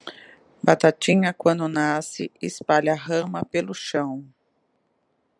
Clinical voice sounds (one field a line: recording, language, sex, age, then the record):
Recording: short text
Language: Brazilian Portuguese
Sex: female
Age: 50 to 59 years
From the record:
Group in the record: control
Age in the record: 53 years